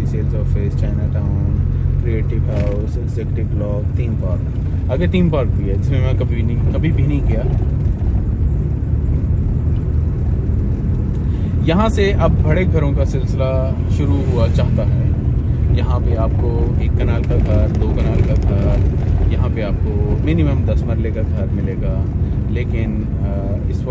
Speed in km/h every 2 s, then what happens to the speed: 11, 11, 13, 15, 17, 18, 18, 18, 18, 18, 18, 18.
0-9 speeds up to 18. 9-24 steady at about 18.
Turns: none.